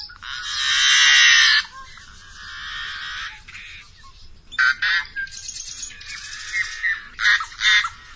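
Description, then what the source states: Yellow-headed Blackbird song, a long harsh rasping buzz followed by scratchy, clicking and grating notes in uneven bursts. Utah wetlands in spring, when birds collect nest material and advertise and defend territories.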